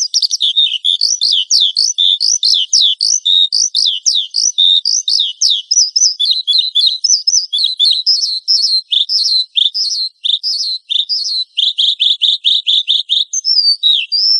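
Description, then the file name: Horsfield's bush lark singing a busy, jumbled stream of high chirps, slurs and short trills, with notes changing quickly and almost no pauses. "suara burung branjangan"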